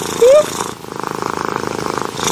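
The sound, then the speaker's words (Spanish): A cat purrs in a steady, fast, rhythmic rumble of regular pulses, moderately loud, opening with a short rising squeak before the purring settles in. “ronca igual que mi novio. Es el mismo ruido que mi novio.”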